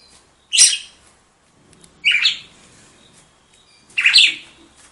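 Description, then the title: Red-cowled cardinal giving three loud, bright chirped phrases about every one and a half to two seconds, with quiet pauses between. "Galo De Campina"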